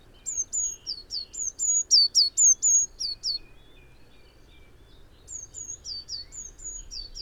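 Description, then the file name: Eurasian blue tit repeating a quick string of high, sibilant whistles that alternate level and falling notes. After a pause, a softer run follows. "Cyanistes caeruleus"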